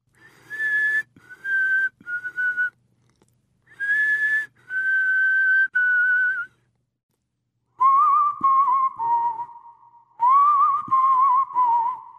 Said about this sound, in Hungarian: Néma volt a ház, csupán csak egy valaki fütyült. Azt a bizonyos dallamot.